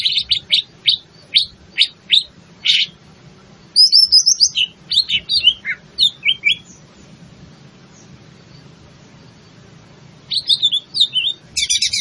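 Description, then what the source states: Leafbird song: bursts of sharp, high chirps and whistled slurs in quick runs, with pauses between phrases and a faint low hum underneath. In full song, a singing style called gacor; Indonesian name cucak ijo.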